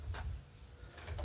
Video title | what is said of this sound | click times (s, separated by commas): Smart bee hive frame building for 1st time bee keepers. | And I press a little bit more. You hear that snap? That's going in the groove. | 1.0 s, 1.2 s